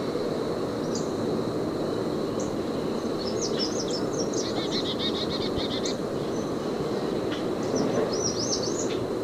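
American redstart, a rapid run of thin high notes in the middle and another brief series near the end, with continuous rushing background and a steady high whine.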